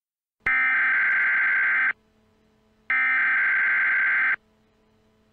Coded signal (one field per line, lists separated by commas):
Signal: Emergency Alert System (SAME) tones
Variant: header bursts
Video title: EAS Scenario - Black Hole